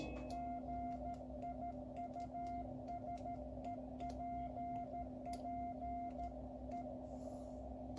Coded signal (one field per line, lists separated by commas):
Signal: Morse code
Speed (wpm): 13 wpm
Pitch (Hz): 700 Hz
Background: none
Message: GIUSEPPE